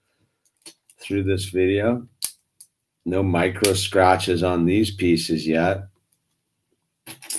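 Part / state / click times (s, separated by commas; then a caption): plastic building brick pressed onto another brick's studs / seated / 7.2 s, 7.3 s. A plastic LEGO brick is pressed onto another brick's studs while building the LEGO 75104 Kylo Ren's command shuttle. Someone talks for most of the clip, with a few small clicks early on, and at the very end the brick snaps on with sharp clicks at 7.2 and 7.3 seconds, seating firmly.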